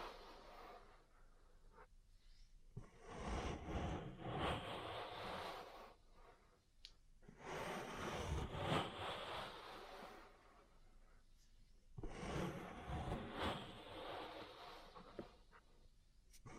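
Ear cleaning and massage sounds come in three long rustling bursts, around 3–6, 7.5–10 and 12–15 seconds, each a dense scratchy brushing with faint crackles. Between them come quieter gaps with a few soft taps and a breath-like hush.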